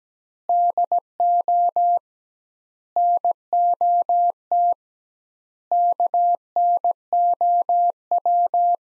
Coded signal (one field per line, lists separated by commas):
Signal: Morse code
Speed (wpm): 17 wpm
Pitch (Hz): 700 Hz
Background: none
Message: DO NOT KNOW